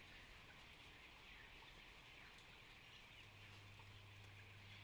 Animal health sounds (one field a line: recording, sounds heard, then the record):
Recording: poultry house recording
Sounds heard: healthy chickens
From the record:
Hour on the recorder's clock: 14